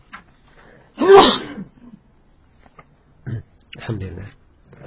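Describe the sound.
A single loud, explosive sneeze bursts out after a brief quiet moment, followed by a short pause and then a voice speaking a few words.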